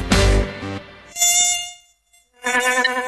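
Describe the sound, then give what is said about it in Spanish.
A high, whining mosquito buzz, in an Argentine radio announcement about mosquitoes that transmit dengue, chikungunya and zika, comes in three loud bursts separated by a brief near-silent gap, its thin pitch wavering up and down as it drones on with no voices. “Realizando pequeñas acciones cotidianas, podemos evitar la reproducción de los mosquitos que transmiten el dengue, el chikungunya y el zika.”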